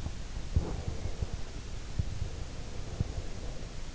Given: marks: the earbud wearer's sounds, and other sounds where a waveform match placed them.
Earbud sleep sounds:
sounds in sleep by an in-ear microphone; breath
0.51-3.88 s: breath

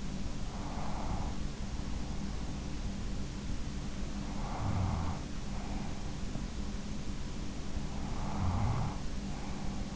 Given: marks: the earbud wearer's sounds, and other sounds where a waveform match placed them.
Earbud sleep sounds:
sounds in sleep by an in-ear microphone; breath, snoring breath
0.00-1.60 s: breath
4.17-6.00 s: snoring breath
7.94-9.89 s: snoring breath

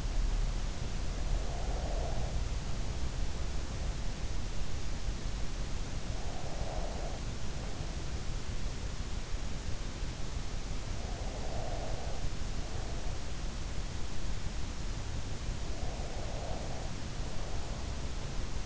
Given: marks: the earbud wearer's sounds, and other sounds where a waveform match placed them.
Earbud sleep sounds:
sounds in sleep by an in-ear microphone; breath
0.73-3.14 s: breath
5.86-8.78 s: breath
10.54-13.40 s: breath
15.54-18.66 s: breath

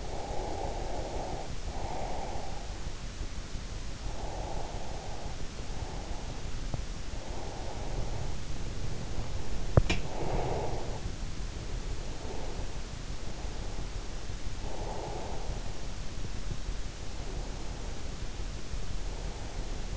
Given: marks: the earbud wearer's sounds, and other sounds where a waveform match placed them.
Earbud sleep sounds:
sounds in sleep by an in-ear microphone; breath
0.00-2.77 s: breath
4.20-6.49 s: breath
7.14-9.14 s: breath
9.99-12.89 s: breath
13.26-15.80 s: breath

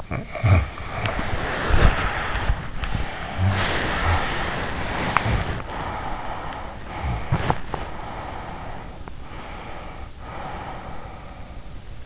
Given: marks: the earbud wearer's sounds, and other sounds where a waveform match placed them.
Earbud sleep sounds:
sounds in sleep by an in-ear microphone; snoring breath, body movement, breath
0.00-2.72 s: snoring breath
0.82-7.55 s: body movement
2.81-4.75 s: snoring breath
4.82-6.83 s: breath
6.89-9.15 s: breath
9.30-12.06 s: breath

